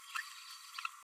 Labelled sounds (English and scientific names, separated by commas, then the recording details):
Green-rumped Parrotlet (Forpus passerinus) babbling
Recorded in a nest box in Venezuela
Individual 18B12A2